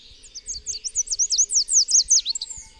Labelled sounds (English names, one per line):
Chestnut-capped Warbler song